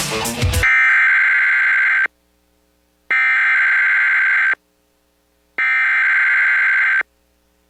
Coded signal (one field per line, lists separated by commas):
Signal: Emergency Alert System (SAME) tones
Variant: header bursts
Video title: EAS Winter Storm Warning for Portions of West Tennessee NOAA Weather Radio WWH30 (Dyersburg)